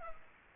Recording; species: mosquito wingbeat signal from an infrared sensor; Culex pipiens